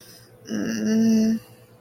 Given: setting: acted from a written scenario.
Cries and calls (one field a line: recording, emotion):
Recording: vocal sound without words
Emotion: ecstasy